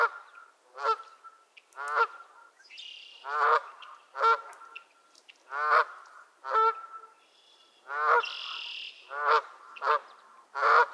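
Geese at a marsh honk and squabble in loud, rasping bursts roughly every second, with softer calls overlapping between them.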